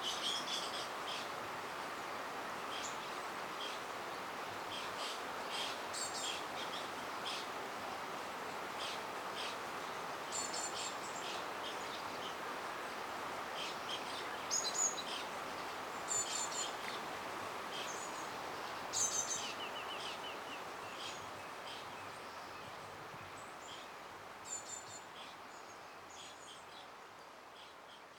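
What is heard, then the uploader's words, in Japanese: The Tama River flows steadily through the dim early morning, a constant rushing wash that fades slightly toward the end. Birds chirp and tweet throughout over the water, with short bright calls scattered every few seconds and a few sharper notes around fifteen and nineteen seconds. まだ薄暗い朝の多摩川の流れと、鳥たちのさえずりに包まれる。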